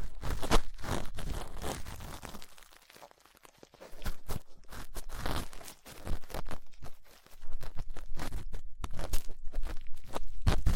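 Ear cleaning sounds with latex gloves and tools: dense bursts of crunching, crinkling and scratching crowd the first two seconds. After a quieter stretch from about two to four seconds, rough rubbing and sharp scraping return in uneven clusters through the end.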